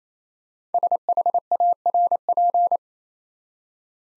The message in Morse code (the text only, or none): SHARP